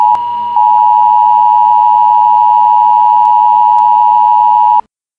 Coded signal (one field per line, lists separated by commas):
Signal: Emergency Alert System (SAME) tones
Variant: 853 and 960 Hz attention tone